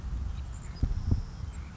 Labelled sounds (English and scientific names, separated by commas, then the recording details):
Savannah Sparrow (Passerculus sandwichensis)
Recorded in Sonoma County, California